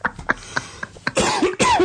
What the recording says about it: It sounds like your cough's coming on a bit. Because you've done too much talking.